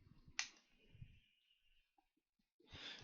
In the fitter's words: yeah that just kind of all snap back in